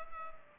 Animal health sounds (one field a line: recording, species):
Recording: mosquito wingbeat signal from an infrared sensor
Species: Culex pipiens